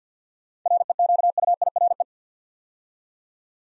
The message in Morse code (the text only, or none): REQUIRE